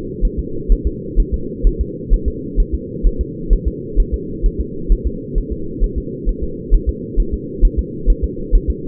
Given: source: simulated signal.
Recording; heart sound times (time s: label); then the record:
fetal heart sounds
0.25 s: S1
0.39 s: S2
0.72 s: S1
0.87 s: S2
1.20 s: S1
1.34 s: S2
1.67 s: S1
1.81 s: S2
2.13 s: S1
2.28 s: S2
2.60 s: S1
2.75 s: S2
3.07 s: S1
3.21 s: S2
3.53 s: S1
3.68 s: S2
4.00 s: S1
4.14 s: S2
4.46 s: S1
4.61 s: S2
4.92 s: S1
5.07 s: S2
5.38 s: S1
5.52 s: S2
5.84 s: S1
5.98 s: S2
6.29 s: S1
6.44 s: S2
6.74 s: S1
6.89 s: S2
7.20 s: S1
7.34 s: S2
7.65 s: S1
7.79 s: S2
8.10 s: S1
8.24 s: S2
8.55 s: S1
8.70 s: S2
From the record:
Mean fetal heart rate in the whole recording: 130 bpm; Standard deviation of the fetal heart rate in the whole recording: 2 bpm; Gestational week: 38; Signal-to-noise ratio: -4.3 dB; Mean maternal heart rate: 72 bpm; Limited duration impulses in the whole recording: absent